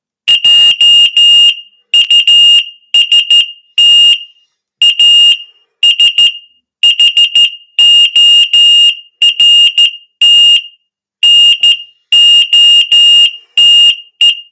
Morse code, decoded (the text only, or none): JUST A SHORT NOTE